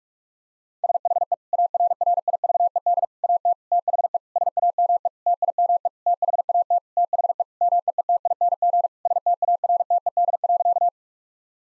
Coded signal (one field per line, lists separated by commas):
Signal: Morse code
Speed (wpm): 46 wpm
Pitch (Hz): 700 Hz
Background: none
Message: SHE ARRIVED AT THE SAME TIME THAT THE MEETING STARTED.